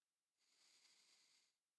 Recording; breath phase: one breath near a microphone; inhalation